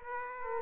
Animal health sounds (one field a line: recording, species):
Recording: mosquito wingbeat signal from an infrared sensor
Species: Aedes aegypti